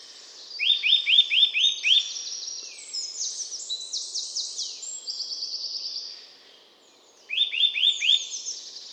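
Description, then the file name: Eurasian nuthatch calls: a quick series of loud rising notes, then a second short burst near the end, with high twittering in between. "Sitta europaea"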